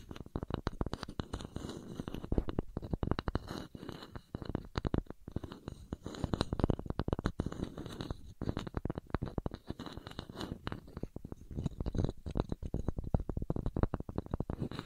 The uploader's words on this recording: ASMR Relaxing Wood Burning Sounds for Sleep (No Talking).